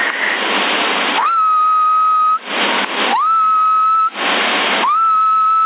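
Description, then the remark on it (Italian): Three steady whistles into a CB radio microphone to test whether the meter reading rises, each sliding up then holding a flat mid pitch, separated by loud bursts of rushing static, all with a thin, band-limited radio tone. “Qua non lo so se sale, non ho un rosmetro qua, poi non è adatto anche, mi guarda per esempio, se fischio dimmi se aumenta.”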